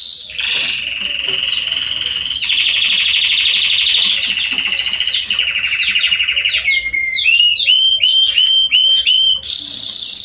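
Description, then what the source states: Belgian canary song: unbroken sequence of fast rattling trills at changing pitches, then a run of repeated upward-slurred whistled notes, ending in another trill. Male Belgian canary singing a lot; recording made to warm up and train young canaries.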